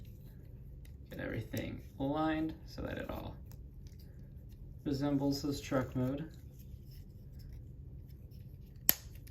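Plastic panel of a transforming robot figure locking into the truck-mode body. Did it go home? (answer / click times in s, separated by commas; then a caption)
yes / 8.9 s. A plastic panel of a transforming robot action figure is pushed into the truck-mode body during the change to truck mode, and it locks in with one sharp click at 8.9 s. Before the click, someone talks.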